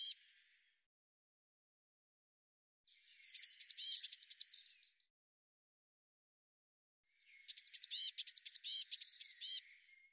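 Eurasian blue tit calls: a short high note, then two bursts of rapid, very high chattering notes, each burst lasting two to two and a half seconds, separated by silence.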